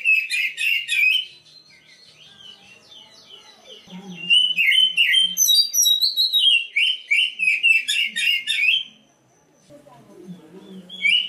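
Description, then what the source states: Magpie-robin song, loud and varied, made of rapid chattering phrases and sweet whistled notes in bursts. It pauses briefly, then resumes, with faint low sounds in the gaps. Local name kacer dada hitam, meaning black-breasted magpie-robin.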